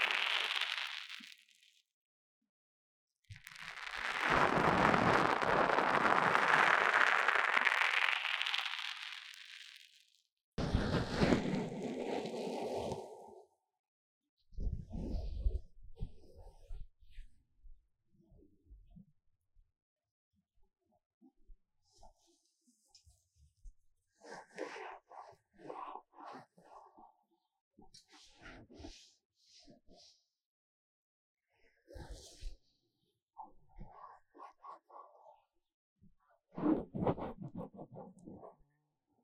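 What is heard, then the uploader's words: Foam rubbing and squeezing, a long loud scrunch early on, then softer scattered crackles and brushing taps at uneven intervals with brief silences. 3Dio Foam and Tingly Ear Massage for Stress Relief. 耳朵泡沫按摩抒壓.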